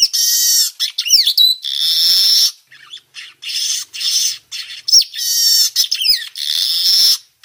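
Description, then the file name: Weaver song of repeated buzzy, wheezing bursts with sharp sweeping notes, delivered in quick succession with brief gaps. Young bird singing, in forest. "Suara kicau burung manyar muda hutan"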